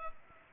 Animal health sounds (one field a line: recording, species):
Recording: mosquito wingbeat signal from an infrared sensor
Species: Culex pipiens